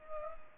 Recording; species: mosquito wingbeat signal from an infrared sensor; Culex pipiens